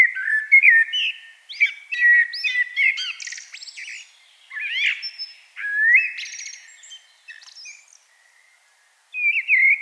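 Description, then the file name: Common blackbird song: several rich fluted phrases in quick succession, each ending in thin high twitters, followed by a short pause and another phrase. "Turdus merula"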